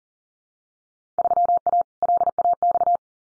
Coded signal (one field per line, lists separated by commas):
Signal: Morse code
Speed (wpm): 39 wpm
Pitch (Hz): 700 Hz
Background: none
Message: 3A LAX